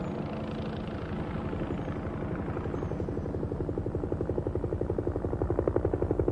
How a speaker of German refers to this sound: der Hubschrauber kommt